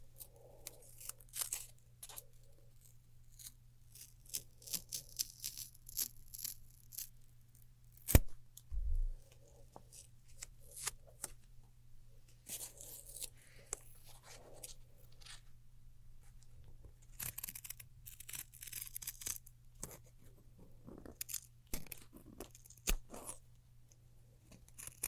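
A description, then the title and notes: Sticky crackling, tape tearing and snipping scissors come in irregular bursts, with a sharp snap near eight seconds over a steady low hum. ASMR Neon Triggers（no Talking）. Sticky Tape. Scissors.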